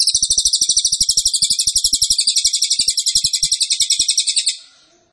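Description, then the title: Cililin song: a very high, dense, buzzy trill held steadily for about four and a half seconds, then fading away, with faint low clicks beneath. Cililin song, used to teach songbirds. "Cililin AMPUH. Masteran Burung cililin masteran sang juara"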